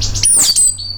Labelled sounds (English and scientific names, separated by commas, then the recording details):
Stitchbird (Notiomystis cincta) song
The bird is a male
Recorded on Tiritiri Matangi Island, New Zealand, in 2005
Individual 22, of nest box 31